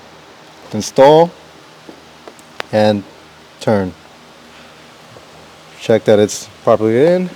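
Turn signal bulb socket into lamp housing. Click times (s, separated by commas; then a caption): 2.6 s. A turn signal bulb socket on a 2015 Hyundai Genesis is pushed into the rear of the lamp housing and twisted to lock. Soft handling noises at about 2.3 and 2.4 s lead to a sharp, loud click at 2.6 s as it seats, while someone talks before and after.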